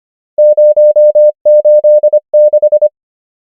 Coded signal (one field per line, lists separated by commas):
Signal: Morse code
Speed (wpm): 25 wpm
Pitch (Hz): 600 Hz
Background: none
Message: 0 8 6